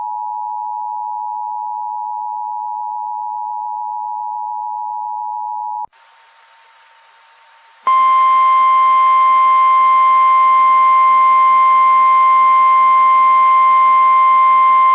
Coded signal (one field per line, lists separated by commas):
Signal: Emergency Alert System (SAME) tones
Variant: 853 and 960 Hz attention tone